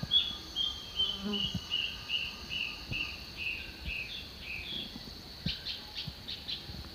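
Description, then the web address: Yellow-browed antbird duet: a descending series of whistled notes about every 0.4 seconds, joined later by overlapping notes, over a steady high insect drone. Duet; eastern lowlands of South America. "Nature Songs S America Eastern Lowlands. Hypocnemis hypoxantha, duet"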